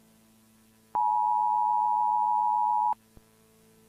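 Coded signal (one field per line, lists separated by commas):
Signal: Emergency Alert System (SAME) tones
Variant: 853 and 960 Hz attention tone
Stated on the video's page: Fictional EAS scenario.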